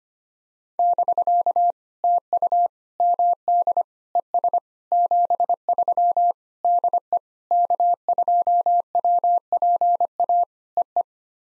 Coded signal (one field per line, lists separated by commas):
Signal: Morse code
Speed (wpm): 25 wpm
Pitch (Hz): 700 Hz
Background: none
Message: <BK> TU MD ES 73 DE K2WPA EE